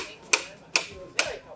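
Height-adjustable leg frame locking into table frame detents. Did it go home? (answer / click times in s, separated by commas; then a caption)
yes / 0.3 s, 0.8 s, 1.2 s. The steel leg frame of a Quest Outdoors Versalite Multi Height folding table, adjustable from 55 to 88 cm, is slid up through its height settings. Three sharp clicks at 0.3, 0.8 and 1.2 seconds are heard as the locking mechanism engages. The leg frame seats and locks into the table frame's detents at each step.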